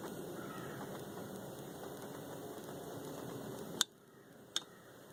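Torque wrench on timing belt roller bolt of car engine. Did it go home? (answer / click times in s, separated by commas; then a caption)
yes / 3.8 s. A ratcheting torque wrench tightens the timing belt roller bolt on a V70 T5 car engine to 18 ft-lb, over a steady background hiss. The wrench gives a sharp click at 3.8 s, and the bolt is set at torque. A second, fainter sharp tick follows at 4.6 s.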